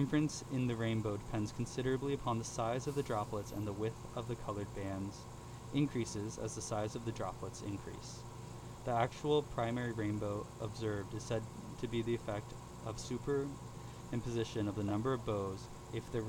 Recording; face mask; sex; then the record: reading aloud; surgical mask; male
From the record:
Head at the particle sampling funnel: tilted down, bridge of the nose in front of it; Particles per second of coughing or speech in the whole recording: 0.135